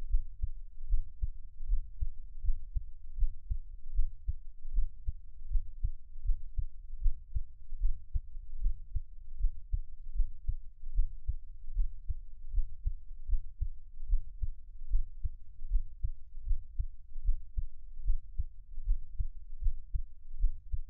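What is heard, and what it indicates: Steady, soft low thumps of an adult heartbeat heard close up as Taiwanese ASMR, at about 76 beats a minute, with no talking.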